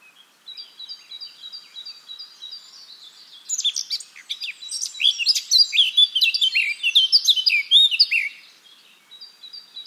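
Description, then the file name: Eurasian blackcap song beginning with quiet thin repeated notes, then swelling into a loud, fast, varied warble of bright chirps and whistles before softening again. "Sylvia atricapilla"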